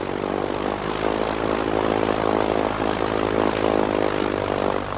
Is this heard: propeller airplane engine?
yes